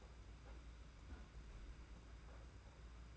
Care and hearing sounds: daily activity, microphone in the room; close fridge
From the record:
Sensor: 2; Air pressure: 991.7 hPa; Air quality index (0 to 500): 221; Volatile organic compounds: 1000 ppm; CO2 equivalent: 7387 ppm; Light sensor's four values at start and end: 25/80/31/29 and 25/80/31/29

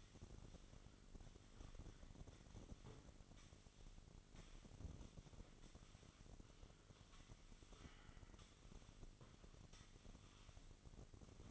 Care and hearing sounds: daily activity, microphone in the room; sweep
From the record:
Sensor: 4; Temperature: 27.1 degrees Celsius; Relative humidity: 35.2%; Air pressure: 1003.9 hPa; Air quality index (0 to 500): 149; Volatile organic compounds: 2 ppm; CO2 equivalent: 1064 ppm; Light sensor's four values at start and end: 18/42/17/19 and 18/42/17/19

